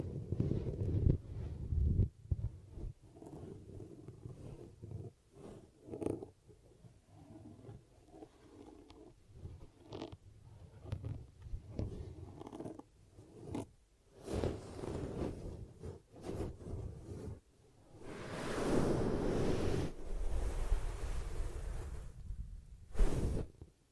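Ear cupping triggers: soft muffled rubs and pats over the microphone, arriving in irregular bursts with short quiet gaps between them. The sound stays low and dull, with sharper taps and crackly zipper-like scrapes, and a longer, louder rustling stretch around 18 to 21 seconds.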